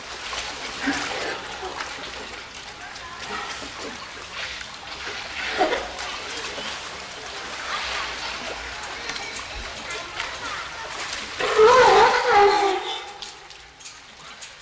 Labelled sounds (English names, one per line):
California Sea Lion